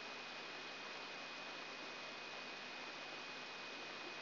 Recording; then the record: brain microelectrode recording played as sound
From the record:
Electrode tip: outside the subthalamic nucleus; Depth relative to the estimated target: -1 mm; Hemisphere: right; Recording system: AlphaMap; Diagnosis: Parkinson's disease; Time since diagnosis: 9 years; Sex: male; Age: 53 years